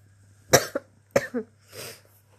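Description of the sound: Two sharp, dry, harsh cough bursts about half a second apart, each followed by a quick second catch, then a soft, drawn breath, from an adult woman coughing nonstop at night with a hoarse voice during self-isolation.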